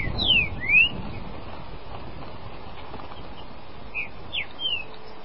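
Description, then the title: Green-winged saltator song: two bright slurred whistles at the start and a few softer whistled notes near the end, with rumbling background noise between. "Trinca Ferro"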